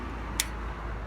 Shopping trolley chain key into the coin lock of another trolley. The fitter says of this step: आपकी ट्रॉली का कॉइन बाहर आ जाएगा। ये आप कॉइन ले लो और ये ट्रॉली लॉक हो गई।